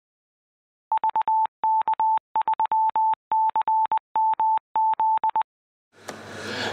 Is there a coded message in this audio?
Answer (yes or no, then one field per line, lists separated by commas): yes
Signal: Morse code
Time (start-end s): 0.9-5.4 s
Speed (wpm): 20 wpm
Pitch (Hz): 880 Hz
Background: none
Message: VK3CMZ